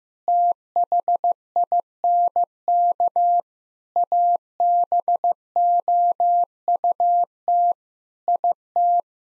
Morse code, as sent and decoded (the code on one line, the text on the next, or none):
- .... .. -. -.- / .- -... --- ..- - / .. -
THINK ABOUT IT